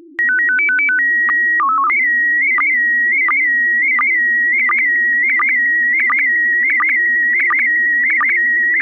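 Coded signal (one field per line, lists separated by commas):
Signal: SSTV (slow-scan television)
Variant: PD 90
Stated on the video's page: Slow scan radio transmission.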